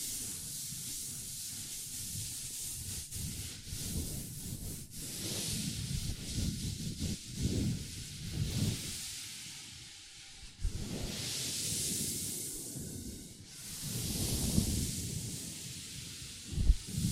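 Long nails scratch and rub steadily across a table, making a dense, grainy scraping with a soft low thud underneath. Brighter, hissier strokes swell in stretches, and a few sharp taps stand out, near five, ten and seventeen seconds.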